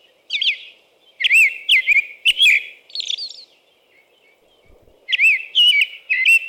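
American robin caroling: a run of whistled phrases, a gap of about two seconds, then more rising and falling phrases.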